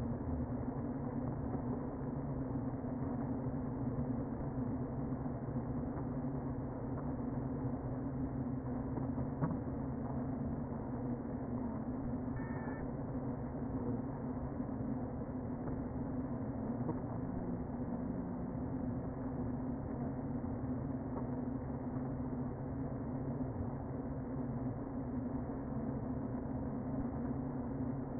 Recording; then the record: honeybee colony, microphone inside the hive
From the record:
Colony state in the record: queen present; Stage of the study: before two queens were removed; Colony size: about 60,000 bees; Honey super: yes